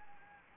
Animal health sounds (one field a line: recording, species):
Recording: mosquito wingbeat signal from an infrared sensor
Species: Anopheles gambiae